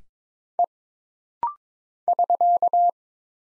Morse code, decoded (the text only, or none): E <SK>